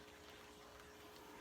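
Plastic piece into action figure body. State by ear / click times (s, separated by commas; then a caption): not seated / none. A plastic piece is pushed into place on the body of a Marvel Legends AOA Sugarman build-a-figure. Only a steady, even noise with a faint low hum is heard, with no sharp transient. Nothing has clicked or seated; the part fails to click in.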